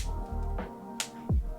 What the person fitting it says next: you should be able to hear an audible click